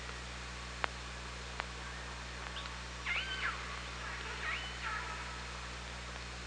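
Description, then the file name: Orca pulsed calls, two harmonic bursts midway after a few sharp clicks, over a steady low underwater hum. Recorded underwater on an OrcaLab hydrophone, 24 August 2017 at 18:42:13. "Orca Lab UTLN JASON 20170824 184213"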